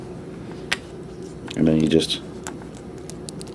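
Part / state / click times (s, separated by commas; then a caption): ball joints of a cover piece going into sockets on a toy robot figure / seated / 0.7 s. The ball joints of a cover piece on a die-cast toy robot figure are pressed into their sockets on the cockpit and seat with a single sharp, loud snap at 0.7 s. Someone talks, and a few lighter ticks follow.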